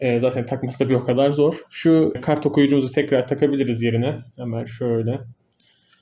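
Someone talks while reassembling a home server, getting ready to put the card reader module back into its slot in the mini PC / server case. Speech fills most of the clip, then two faint short ticks come at about 5.6 seconds, near the end. Nothing has seated or clicked into place yet.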